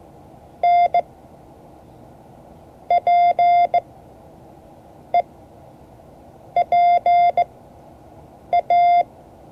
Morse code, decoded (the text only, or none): NPEPA